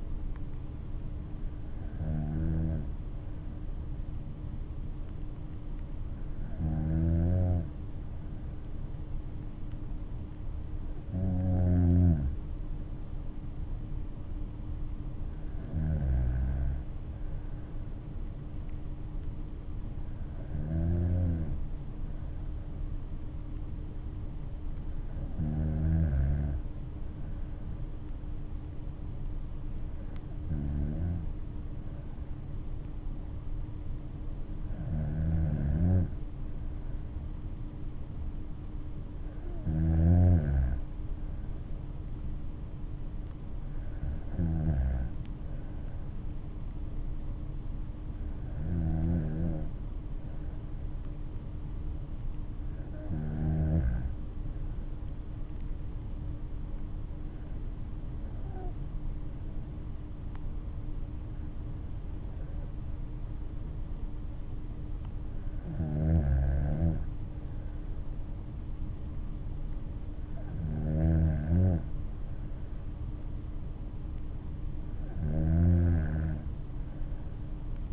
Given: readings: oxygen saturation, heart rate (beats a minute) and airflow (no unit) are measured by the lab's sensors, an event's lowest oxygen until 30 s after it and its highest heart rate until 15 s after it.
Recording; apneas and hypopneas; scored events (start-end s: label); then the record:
breathing in sleep by a smartphone at the bedside; none
none scored
From the record:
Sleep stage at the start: N2 (light sleep); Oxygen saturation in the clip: 94 to 95%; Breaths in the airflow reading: 17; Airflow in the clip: -7.1 to 6.3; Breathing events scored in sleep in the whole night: 228 in 5.4 hours asleep